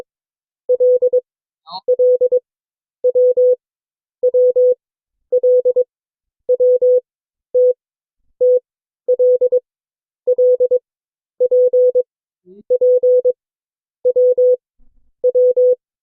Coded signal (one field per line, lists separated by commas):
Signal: Morse code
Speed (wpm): 22 wpm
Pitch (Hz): 500 Hz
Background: none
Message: L L W W L W T T L L P P W W